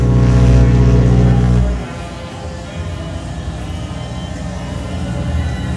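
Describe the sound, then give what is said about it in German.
A ship slowly approaching a dock: a loud, deep horn-like blast for under two seconds gives way to a steady low engine rumble with churning water noise, no voices. “Das Schiff nähert sich langsam dem Dock.”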